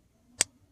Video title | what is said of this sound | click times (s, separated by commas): CIVIVI BUTTON LOCK ELEMENTUM REVIEW | So when it opens up all the way, if I can get this to happen, when it opens up all the way, that disc locks in place. | 0.4 s